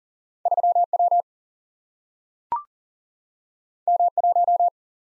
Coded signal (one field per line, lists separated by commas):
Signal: Morse code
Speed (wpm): 38 wpm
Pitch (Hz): 700 Hz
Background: none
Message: 3W M1